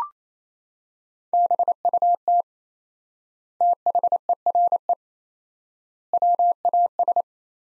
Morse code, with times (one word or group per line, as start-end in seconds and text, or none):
1.3-2.4 BUT
3.6-4.9 THERE
6.1-7.2 WAS